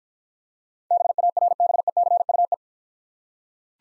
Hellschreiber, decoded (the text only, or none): none